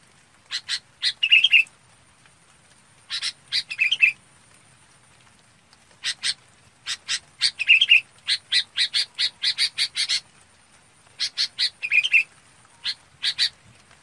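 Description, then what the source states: Red-whiskered bulbul calling in bursts of short, rasping notes with occasional liquid warbled chirps mixed in, separated by brief pauses. Calling the flock.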